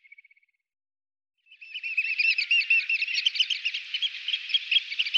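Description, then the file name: Eurasian oystercatcher piping calls: a brief run of soft notes, a pause, then a dense, shrill, rapidly repeated piping trill that continues to the end. "Strandskata"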